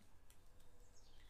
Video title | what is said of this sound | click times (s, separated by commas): Fiat 500 Drivers Door Handle & Lock Barrel Replacement, "The Real Job With All The Tricky Bits inc" | Bit fiddler, but it will just click into place. Like that. | 0.3 s